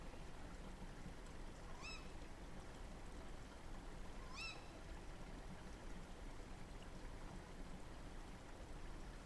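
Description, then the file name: Owl giving two sharp, upward-arching squealing calls about two and a half seconds apart over a constant low rumble and hiss. Several owls recorded at night at the end of March. "rizhie sovi nochyu v konce marta"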